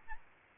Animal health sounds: mosquito wingbeat signal from an infrared sensor; Aedes albopictus

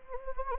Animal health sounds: mosquito wingbeat signal from an infrared sensor; Anopheles gambiae

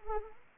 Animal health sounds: mosquito wingbeat signal from an infrared sensor; Anopheles arabiensis

